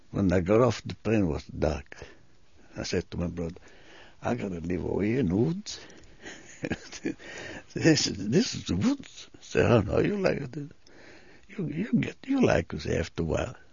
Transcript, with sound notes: When I got off the train it was dark. I said to my brother, "I got to live over here in the woods?" ( he laughs ) He said, "This is the woods?" He said, "Oh, no, you'll like it. You'll get, you'll like this after a while."